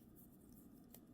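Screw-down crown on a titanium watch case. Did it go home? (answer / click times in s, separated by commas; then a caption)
released / 1.0 s. The signed titanium screw-down crown of an RZE Aspirare 300m UltraHex titanium automatic dive watch is unscrewed until it springs out to the open position. Over a steady low background hum, a single sharp pop is heard at 0.9 s, and the crown is released.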